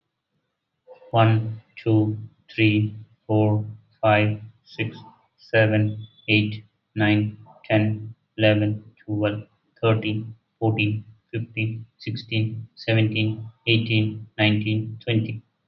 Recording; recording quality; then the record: counting at a normal pace; excellent, no background noise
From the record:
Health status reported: exposed to COVID-19, no respiratory illness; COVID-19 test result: not tested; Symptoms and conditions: none ticked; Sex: male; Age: 44 years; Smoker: not ticked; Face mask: not worn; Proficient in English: yes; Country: India